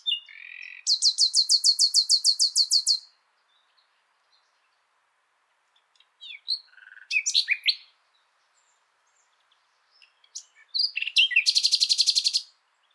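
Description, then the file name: Common nightingale song: a loud fast trill of many repeated notes, then sharp scattered chirps, ending with another rapid high trill. "Luscinia megarhynchos"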